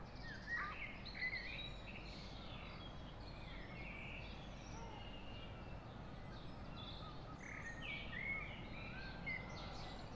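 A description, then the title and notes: Seaside birds chirp and twitter in scattered bright calls over a steady low murmur, with short whistled notes near the start and around eight seconds. Sunrise over Tenby. 5am, and nobody about, except for the birds in the murmuring air of a seaside town. This sound photograph, captured from behind the descending houses on St Johns Hill in Tenby, is spatial. The white noise of the beach can be heard reflecting slightly to right of centre, off the high wall of a large sided building beyond. Sunrise birds in sea washed air.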